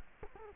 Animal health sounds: mosquito wingbeat signal from an infrared sensor; Culex quinquefasciatus

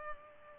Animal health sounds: mosquito wingbeat signal from an infrared sensor; Culex pipiens

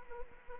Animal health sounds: mosquito wingbeat signal from an infrared sensor; Anopheles arabiensis

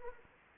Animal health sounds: mosquito wingbeat signal from an infrared sensor; Anopheles arabiensis

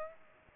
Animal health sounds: mosquito wingbeat signal from an infrared sensor; Aedes aegypti

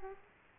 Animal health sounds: mosquito wingbeat signal from an infrared sensor; Aedes aegypti

